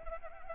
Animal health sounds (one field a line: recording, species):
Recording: mosquito wingbeat signal from an infrared sensor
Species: Anopheles arabiensis